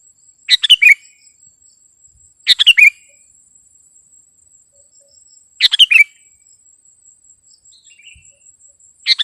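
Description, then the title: Sooty-headed bulbul song, four short bubbly phrases at irregular intervals of two to four seconds, each a tight cluster of chirpy notes, over a high constant whine. "kutilang"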